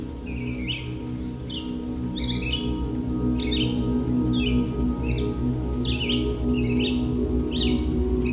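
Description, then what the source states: Red-eyed Vireo song: short slurred whistled phrases repeated in quick succession over a steady low hum. Song likened to 'vireo, vireo, vireo'; heard in forests across North America on hot summer days; audio modified for listeners with high-frequency hearing loss.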